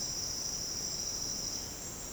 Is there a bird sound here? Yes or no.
no